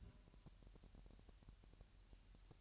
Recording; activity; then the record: daily activity, microphone in the room; take from stove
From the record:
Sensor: 2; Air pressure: 1001.8 hPa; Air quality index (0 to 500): 241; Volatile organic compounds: 31 ppm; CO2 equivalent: 2988 ppm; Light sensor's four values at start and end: 5/11/4/5 and 5/11/4/5